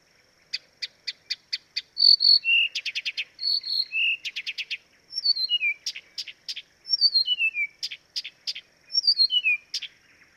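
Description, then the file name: Blyth's reed warbler song: slow, varied phrases of dry clicks, buzzy repeated notes and descending whistled slurs, some motifs repeated, with a faint steady high hiss. "life dviete. acrocephalus dumetorum"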